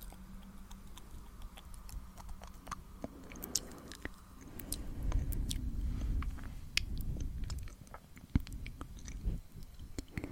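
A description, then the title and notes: Breathy mouth sounds with wet clicks and smacks scattered throughout, like slow chewing. A soft low hum sits under the first few seconds, then a fuller, breathier stretch swells from about five to eight seconds before thinning out again. ASMR mouth sounds breathy mouth sounds for tingles.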